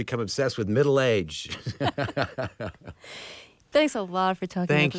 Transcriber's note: soundbite of laughter